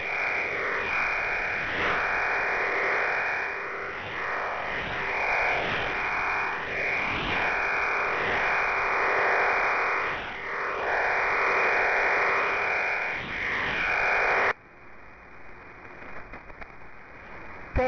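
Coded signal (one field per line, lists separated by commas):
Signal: numbers station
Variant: HM01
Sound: steady wide rushing digital hiss, band-limited, for 14 seconds, then abrupt stop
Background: radio static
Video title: HM01 Cuban Numbers 30/06/2024 0730 UTC 13435kHz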